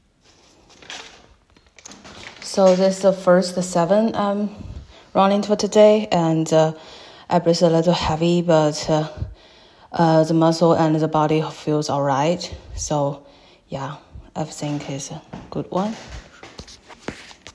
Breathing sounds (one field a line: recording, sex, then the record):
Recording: free speech after running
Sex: female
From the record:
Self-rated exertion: moderate exertion (3 of 6)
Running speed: 7 miles an hour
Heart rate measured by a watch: 119 beats a minute at the start, 114 at the end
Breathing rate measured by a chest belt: 17 breaths a minute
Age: 23 years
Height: 163 cm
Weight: 70 kg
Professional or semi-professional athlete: no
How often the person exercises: 1 to 2 times a week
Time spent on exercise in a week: 1 to 2 hours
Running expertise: no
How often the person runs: 1 to 2 times a week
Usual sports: running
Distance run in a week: 7 km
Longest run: 7 km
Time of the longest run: 50 minutes